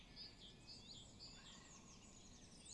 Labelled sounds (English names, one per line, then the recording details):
Great Spotted Woodpecker
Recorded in Germany
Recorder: ecoPi